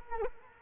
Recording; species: mosquito wingbeat signal from an infrared sensor; Culex quinquefasciatus